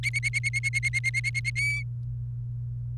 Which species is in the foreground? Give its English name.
Domestic Canary